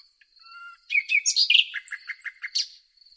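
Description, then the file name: Common nightingale song opening with soft, faint whistles, then a rich jumble of loud varied notes and a short run of rapid repeated clicks. "Luscinia megarhynchos"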